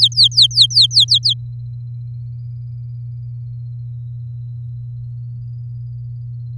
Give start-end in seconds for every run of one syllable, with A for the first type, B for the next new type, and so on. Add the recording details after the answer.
0.00-1.33 A. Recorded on 8 May 2018 at 19:44. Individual llb16